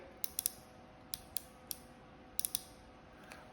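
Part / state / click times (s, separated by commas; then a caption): blade adjustment lever detent on hair clipper body / seated / 0.2 s, 0.4 s, 0.5 s, 2.4 s, 2.5 s. The adjustable blade lever on the body of a Limural Pro hair clipper is moved through its positions, giving sharp detent clicks at 0.2, 0.4, 0.5, 2.4, 2.5 and 2.6 seconds over a quiet background. Each click seats the adjuster into its detent, holding the blade setting in place so it won't slip.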